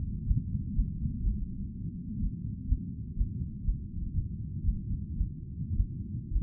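Fast, steady muffled thumps at about 120 a minute: a quick heartbeat, heard close up, after a climb uphill.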